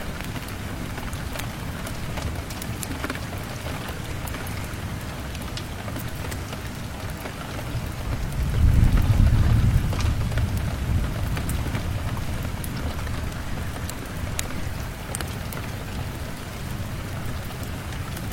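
Heavy rain falls steadily outside, a dense, even hiss with scattered sharp drops and ticks striking surfaces. Around the ninth second a low, rumbling gust swells for a few seconds, then settles back under the constant downpour.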